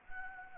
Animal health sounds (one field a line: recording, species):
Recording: mosquito wingbeat signal from an infrared sensor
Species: Anopheles gambiae